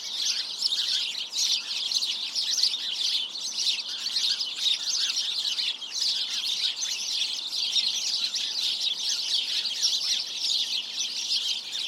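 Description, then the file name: House sparrow flock in continuous chatter, dense repeated chirps from many birds at once. "Passer domesticus"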